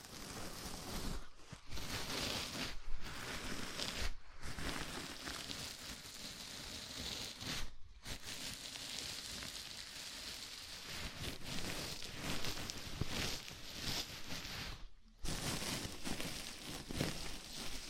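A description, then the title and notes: A scalp massage: fingers rub and scratch through hair in a dense, crackling rustle that sounds almost like rain. The scratching runs steadily with small swells, broken by short silent pauses around 1, 3, 4, 8 and 15 seconds. ASMR Sleepy Scalp Massage (No Talking).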